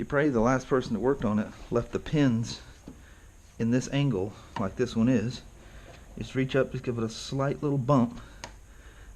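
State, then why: Released. Someone talks while reaching up behind a body panel of a 2015 Spyder RT-S 1330 motorcycle and giving a plastic push-pin trim fastener a slight bump, then pulling on it. A single sharp, short tick at 8.4 s marks the push pin clicking loose and releasing.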